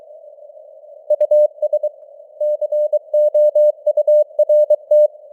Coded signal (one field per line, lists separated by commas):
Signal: Morse code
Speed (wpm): 23 wpm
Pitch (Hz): 600 Hz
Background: none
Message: US COURT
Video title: Morse Code News | 2025-10-20 | 23wpm